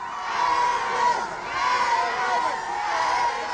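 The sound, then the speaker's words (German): A large crowd of fans shouts and cheers in a dense, unbroken roar, many voices overlapping with rising and falling swells for several seconds as they send off Elvis at his train, which departs at 10 o'clock toward Friedberg in Hesse. “Zurück blieben seine Verehrer, die ihn zünftig verabschiedeten. Morgen werden andere an seinem Zug stehen. Schreien werden sie genauso.”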